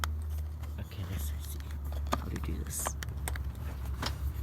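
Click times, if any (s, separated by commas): none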